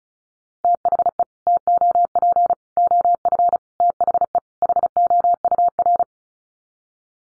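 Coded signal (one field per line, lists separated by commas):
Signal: Morse code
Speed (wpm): 34 wpm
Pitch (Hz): 700 Hz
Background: none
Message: THE TOP OF THE HOUR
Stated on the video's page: Computer-generated Morse head-copy drill of common five-word groups at 35 wpm; each set sent, spoken, then sent again.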